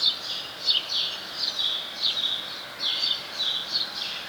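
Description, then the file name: House sparrow chirping, several chirps in uneven bursts over background hiss. "Passer domesticus"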